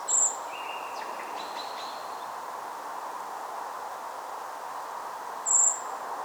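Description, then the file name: Common blackbird giving two sharp, very high thin calls about five seconds apart, a faint lower whistle following the first, against continuous background noise. "Turdus merula"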